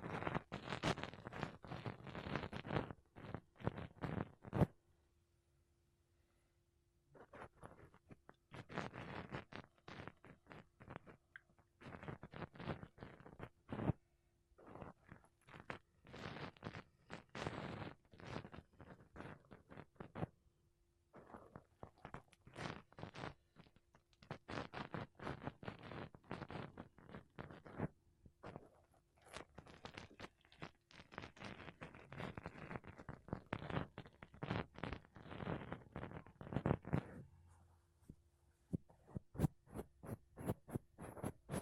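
Makeup brushes and a sponge rub and sweep across a microphone in dense bursts of scratchy, bristly strokes. The bursts come in irregular clusters with short silent gaps, notably near 5 and 38 seconds. A faint steady low tone runs underneath.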